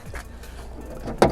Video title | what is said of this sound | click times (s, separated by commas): Stuck 4Runner Door Key. I Fixed My Driver Side Door Key Lock Cylinder/Tumbler Like This. | Snaps right in, nice, | 1.2 s